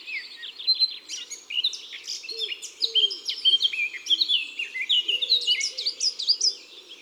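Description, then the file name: Eurasian blackcap song: a fast, rich warble of varied chattering and whistled notes, continuous and energetic, with a softer, lower-pitched phrase running beneath. Woods and forests. "Fauvette a tete noire Chants doiseaux des bois et des forets"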